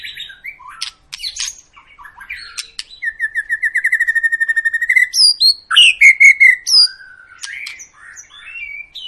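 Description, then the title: White-rumped shama song with a long rapid trill of repeated notes for about two seconds, followed by loud sweeping whistles and scattered sharp chirps. Long lure recording of an energetic, constantly singing White-rumped shama, used to prompt other birds to sing. "Pancingan Murai Batu Gacor Panjang"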